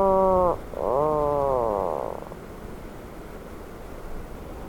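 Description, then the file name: Atlantic puffin groaning call: a short low moan, then a longer wavering, harmonic-rich groan that sags and fades, above a steady rumbling background. "Atlantic Puffin Fratercula arctica"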